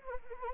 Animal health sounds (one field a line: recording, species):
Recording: mosquito wingbeat signal from an infrared sensor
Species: Anopheles arabiensis